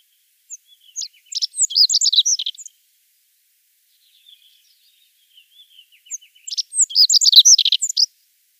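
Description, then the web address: Rock bunting song: two short, high, thin twittering phrases of rapid sweeping notes, separated by a few seconds of near silence with a few faint notes. "Schulze Peter Rock Bunting song"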